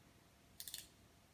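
The plastic plunger button of a disposable Humalog insulin pen is pressed all the way down to push out a 2-unit priming dose. A quick run of sharp clicks at 0.6, 0.7, 0.7 and 0.8 s is heard as the dose dial winds back. The plunger seats and the window returns to zero.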